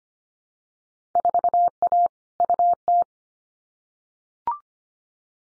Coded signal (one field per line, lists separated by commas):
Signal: Morse code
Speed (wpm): 25 wpm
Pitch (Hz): 700 Hz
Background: none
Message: 4A UT